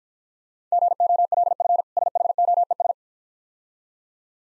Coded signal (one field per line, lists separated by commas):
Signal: Morse code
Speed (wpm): 53 wpm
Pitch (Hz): 700 Hz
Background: none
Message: GOLF SHOES